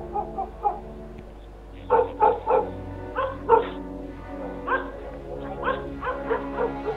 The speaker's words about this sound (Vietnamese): Con chó cứ chạy vòng quanh trong cái khu vườn mà sủa lên có một mình nó thôi.